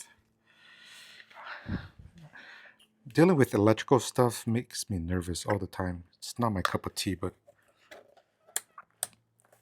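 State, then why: Seated. Someone talks while installing an alternator charger, then plugs the power cable connector into the alternator charger unit. Two sharp clicks are heard at 8.6 and 9.0 seconds as the connector seats firmly in its socket.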